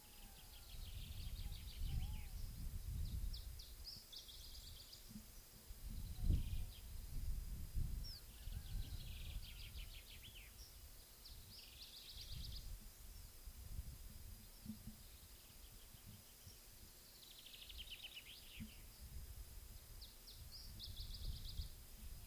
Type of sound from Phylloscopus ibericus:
song